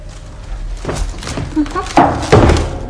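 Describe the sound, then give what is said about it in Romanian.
A door opens with a short rising creak of the hinges, surrounded by several dull wooden knocks and thuds that get louder toward the end. “Se deschide ușa.”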